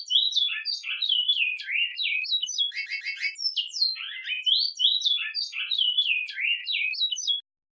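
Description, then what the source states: Great-billed seed finch song: a fast, continuous warble of slurred, rising and falling whistled notes with a brief buzzy rattle in the middle. It stops abruptly. Bicudo song in the "brotero" song style.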